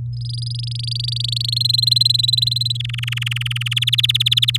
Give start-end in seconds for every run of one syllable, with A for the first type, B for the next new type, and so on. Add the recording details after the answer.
0.13-1.58 A, 1.60-2.77 B, 2.79-3.74 C, 3.76-4.57 D. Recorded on 9 May 2018 at 07:24. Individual llb16